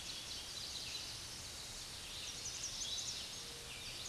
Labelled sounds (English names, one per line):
Chestnut-sided Warbler song